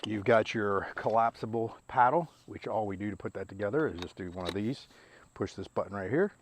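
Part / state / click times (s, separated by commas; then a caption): paddle shaft section into the other shaft section / not seated / none. Someone talks while pressing the spring button on a collapsible paddle shaft for an inflatable stand-up paddle board, handling one shaft section to slide it into the other. The clip ends before the section goes home, so nothing has seated or locked in yet.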